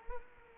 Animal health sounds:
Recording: mosquito wingbeat signal from an infrared sensor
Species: Culex quinquefasciatus

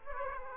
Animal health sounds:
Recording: mosquito wingbeat signal from an infrared sensor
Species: Aedes aegypti

